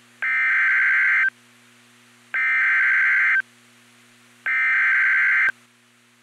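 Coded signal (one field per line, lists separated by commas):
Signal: Emergency Alert System (SAME) tones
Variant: header bursts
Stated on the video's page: Severe thunderstorm warning from NOAA.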